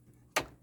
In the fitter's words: and snap that in place